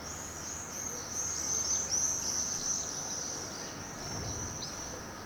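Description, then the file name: Swift calls form a thin, continuous high shrill screaming band, with a few sharper squeals breaking through, over soft background noise. "Birds Swifts Housemartins"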